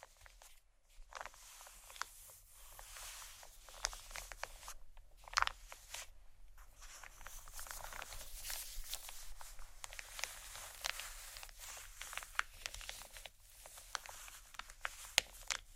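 Soft crinkling, scratching and tapping on plastic fill the clip in a dense, irregular stream of small bright clicks and rustles. The texture is quiet and almost continuous, with brief pauses near 1 and 5 seconds and a few sharper taps scattered throughout, one standing out near 15 seconds.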